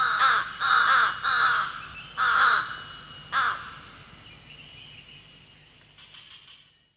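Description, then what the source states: Slender-billed Crow giving harsh, nasal caws: three quick calls, a pause, then two more, fading into quiet forest background. Recorded at Danum, Borneo, on 1 July 2008.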